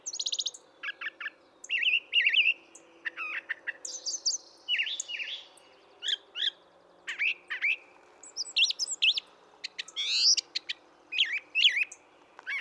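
Brown thrasher song: a rapid series of varied chirpy, whistled and buzzy phrases, many given in quick pairs, with brief pauses between them.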